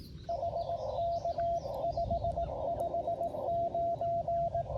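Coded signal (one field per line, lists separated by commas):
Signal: Morse code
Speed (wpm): 20 wpm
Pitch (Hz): 680 Hz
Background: radio noise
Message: HK 559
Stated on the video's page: Morse code POTA activation from a wildlife management area, calling CQ on a Xiegu G90 with an end-fed 40-10m antenna.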